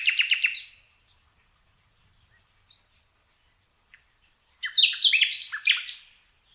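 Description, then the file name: Common nightingale singing: a quick repeated note series, quiet gap with faint high whistles, then a burst of varied loud chirping phrases. "Luscinia megarhynchos"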